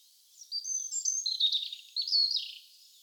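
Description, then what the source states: Bird song in a rapid tumbling run of high whistled and twittering notes, two quick bursts back to back. Birdsong atmosphere.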